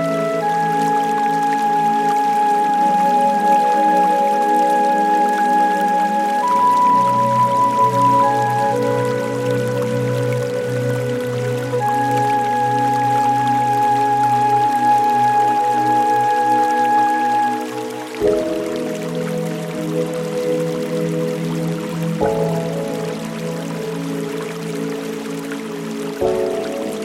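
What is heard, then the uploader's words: Trickling water from a bamboo fountain runs softly beneath slow, gentle music with long held notes. A deep low tone joins around six seconds and drops away near eighteen, where the music shifts, with further changes near twenty-two and twenty-six seconds. Bamboo Fountain, Trickling Water Sounds & Relaxing Music In A Mesmerizing Botanical Garden. The rhythmic flow of water from a serene bamboo fountain. Its gentle splashes and trickling water create a sense of serenity and calm. Soft melodies, gentle chords, and harmonious tunes interweave with the bamboo fountain sounds.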